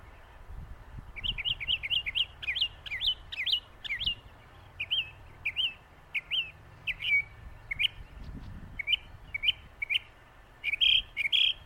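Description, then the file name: Northern mockingbird song: bright chirping phrases, each repeated several times in quick runs before switching to a new note type, with brief pauses between groups. "طائر المحاكي الشمالي"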